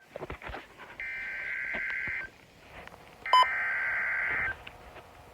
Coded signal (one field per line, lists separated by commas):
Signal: Emergency Alert System (SAME) tones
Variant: header bursts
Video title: EAS #18 - Severe Thunderstorm Warning (March 8, 2025)